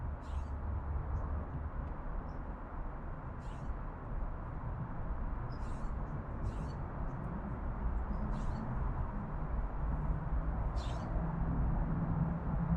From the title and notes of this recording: Urban Backyard - Oakland, CA. Zoom H6 XY Stereo Mic Capsule. Unbranded Mini Mic Stand. Magnetic Microphone Mounts.